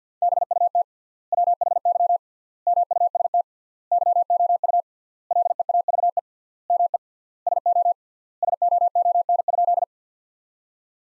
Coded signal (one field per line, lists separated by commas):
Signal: Morse code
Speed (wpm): 49 wpm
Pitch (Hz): 700 Hz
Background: none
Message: BUT WHY MUST YOU LEAVE ME SO SOON?